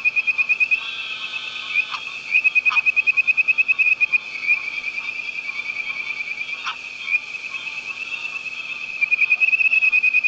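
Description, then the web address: Tree frog calling, repeated rapid trains of bright pulsed notes with a few sharp clicks, over a continuous humming background. "frogs Family Hylidae"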